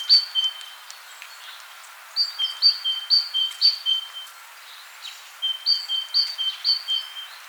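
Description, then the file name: Great tit singing bright see-saw phrases, a high note then a lower one, in three bursts separated by short pauses. "Parus major"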